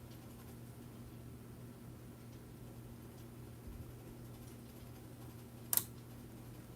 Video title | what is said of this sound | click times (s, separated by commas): DB 261 671-2 (V-60) - hydraulics & electronics (Pt. 3) | satisfying click right there so | 5.8 s